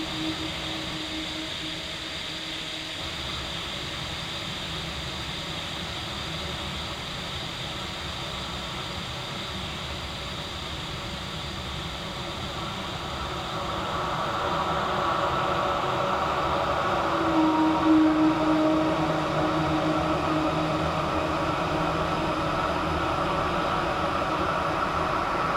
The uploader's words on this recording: EmptyWarehouse. Large Spaced Cavernous Emptiness.